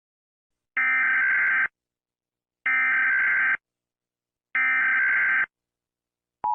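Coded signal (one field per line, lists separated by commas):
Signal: Emergency Alert System (SAME) tones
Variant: header bursts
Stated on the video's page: Fictional EAS scenario, a first attempt.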